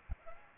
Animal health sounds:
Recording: mosquito wingbeat signal from an infrared sensor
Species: Aedes aegypti

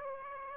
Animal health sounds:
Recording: mosquito wingbeat signal from an infrared sensor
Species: Aedes aegypti

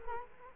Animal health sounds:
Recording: mosquito wingbeat signal from an infrared sensor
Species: Culex quinquefasciatus

